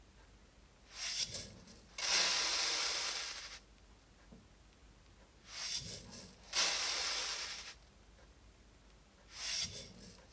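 Rice is poured into paper bags, coming in bright, hissing rushes of grains. The pours arrive in bursts: a short one near one second, a longer steady stream from two to nearly four seconds, two more around six to eight seconds, and a brief one at the end.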